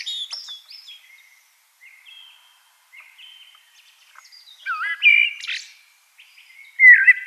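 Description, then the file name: Eurasian blackbird singing: soft scattered notes, then a loud fluted warbling phrase with a scratchy flourish, and another rich phrase at the end. "Turdus merula"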